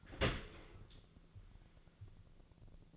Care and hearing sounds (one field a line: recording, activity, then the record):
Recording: daily activity, microphone in the room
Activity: open dishwasher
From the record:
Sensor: 4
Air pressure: 1001.3 hPa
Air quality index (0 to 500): 181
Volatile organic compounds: 2 ppm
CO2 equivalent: 1294 ppm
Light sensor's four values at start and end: 11/26/11/11 and 11/25/10/11